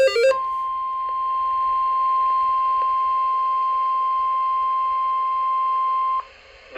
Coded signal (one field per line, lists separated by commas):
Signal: Emergency Alert System (SAME) tones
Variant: 1050 Hz attention tone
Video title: EAS #811 & #812 Tornado Warnings